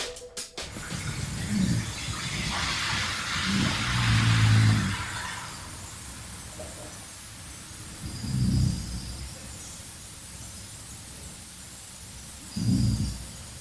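Soft, low rumbling snores from Archie the puppy, asleep in the morning, recur about every four seconds, roughly 15 breaths a minute, over a faint steady background hum. The snores are quiet, ordinary sleep snoring.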